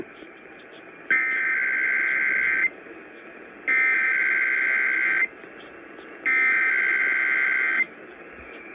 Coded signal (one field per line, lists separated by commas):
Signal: Emergency Alert System (SAME) tones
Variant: header bursts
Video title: IS KDKA ON STERLING'S DR*GS... EAS 532 KDKA EAS TEST (Credit to EASstar105 for the audio)